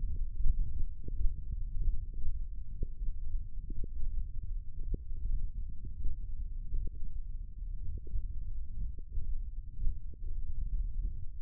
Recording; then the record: forearm muscle sounds (acoustic myography)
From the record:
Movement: thumb flexion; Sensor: system 1, eight BSWA MPA416 microphones around the upper forearm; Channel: 6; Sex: male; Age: 21 years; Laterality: right